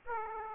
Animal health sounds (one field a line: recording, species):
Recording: mosquito wingbeat signal from an infrared sensor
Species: Aedes aegypti